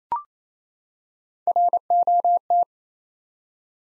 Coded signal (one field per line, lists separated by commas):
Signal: Morse code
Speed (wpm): 29 wpm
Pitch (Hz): 700 Hz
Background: none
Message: ROT